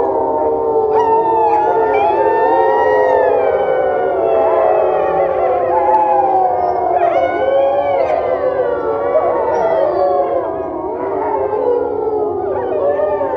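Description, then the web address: Wolf: wolves howling in a chorus: many overlapping, wavering howls slide up and down together, with short yips breaking in, sustained throughout. A pack of wolves. "best service Blue Box animals wolf pack"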